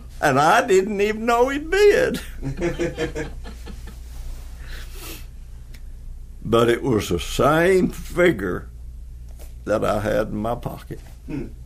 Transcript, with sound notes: And I didn’t even know he’d bid! [laughter] But it was a same figure that I had in my pocket.
Hum.